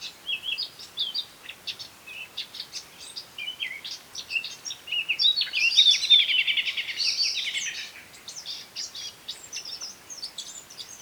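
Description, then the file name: Eurasian blackcap singing, a varied run of high chirps and warbling notes that grows louder and denser around the middle before thinning out again. "Sylvia atricapilla"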